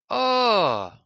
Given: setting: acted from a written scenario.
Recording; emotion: vocal sound without words; positive surprise